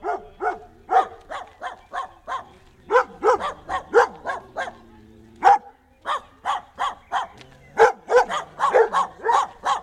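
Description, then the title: Dogs barking in quick, uneven volleys, short sharp barks tumbling over each other for ten seconds with only brief pauses, sounding like more than one dog. Several dogs, Château-L'Abbaye, Nord, April 2001. "Sylvain Jaskowiak - Animus. Chiens - Château-L'Abbaye, Nord - avril 2001"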